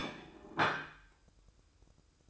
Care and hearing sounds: daily activity, microphone in the room; place plate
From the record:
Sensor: 2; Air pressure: 1007.3 hPa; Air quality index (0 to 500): 42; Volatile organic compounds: 1 ppm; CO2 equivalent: 546 ppm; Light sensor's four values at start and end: 6/15/6/6 and 6/15/6/6

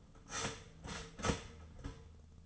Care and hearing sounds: daily activity, microphone in the room; start toaster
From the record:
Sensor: 4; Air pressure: 1010.1 hPa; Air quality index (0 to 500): 181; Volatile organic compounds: 5 ppm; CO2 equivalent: 1829 ppm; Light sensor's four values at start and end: 22/67/26/26 and 23/68/27/27

